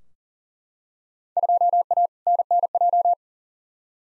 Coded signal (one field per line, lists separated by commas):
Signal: Morse code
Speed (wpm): 39 wpm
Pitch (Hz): 700 Hz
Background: none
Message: 2A NNJ